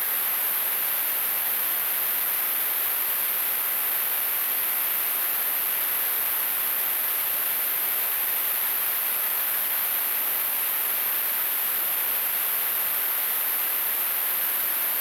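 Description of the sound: Simulated tinnitus: a steady, broadband hiss with a strong high-pitched band above about 9 kHz, unchanging throughout.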